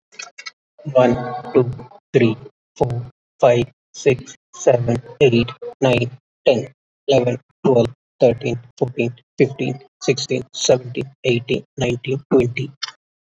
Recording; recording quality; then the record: counting at a normal pace; excellent, no background noise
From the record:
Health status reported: COVID-19 positive, mild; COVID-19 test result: positive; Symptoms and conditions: breathing difficulty, fever, loss of smell and taste, diabetes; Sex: male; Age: 42 years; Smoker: not ticked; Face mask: not worn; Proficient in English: yes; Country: India